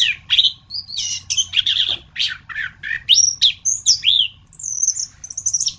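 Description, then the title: Thrush song of mixed scratchy notes and bright whistles, a few high thin slurred phrases toward the close. "Suara Burung Anis"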